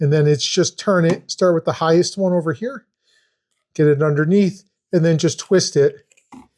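An adjustable support leg is being fitted into a notch on the frame of an AlgoLaser Pixi 10W laser engraver, getting it underneath and twisting it. Someone talks throughout, with faint handling sounds near the end. The leg has not seated or clicked into place yet.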